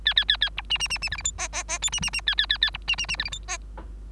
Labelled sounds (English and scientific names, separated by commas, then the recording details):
Bengalese Finch (Lonchura striata domestica) song
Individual Bird3